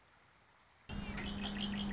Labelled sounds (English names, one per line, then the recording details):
Red-winged Blackbird
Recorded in Sonoma County, California